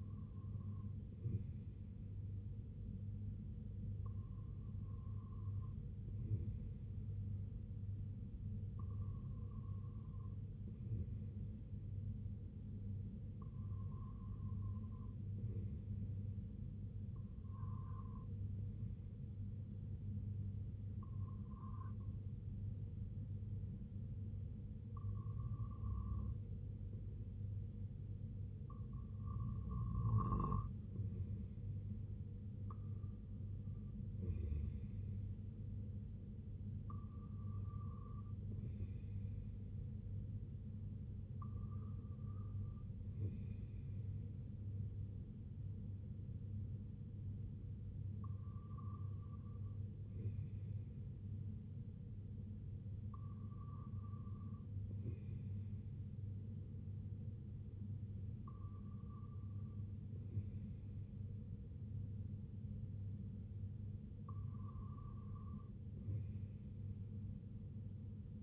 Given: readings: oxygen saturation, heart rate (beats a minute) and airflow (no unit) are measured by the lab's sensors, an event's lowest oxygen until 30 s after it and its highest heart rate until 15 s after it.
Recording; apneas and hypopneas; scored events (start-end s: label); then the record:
breathing in sleep by a smartphone at the bedside; none
none scored
From the record:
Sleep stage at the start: REM sleep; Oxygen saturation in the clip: 95 to 97%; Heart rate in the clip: 57 to 73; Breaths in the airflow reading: 15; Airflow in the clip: -7.6 to 3.8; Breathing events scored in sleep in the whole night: 258 in 7.4 hours asleep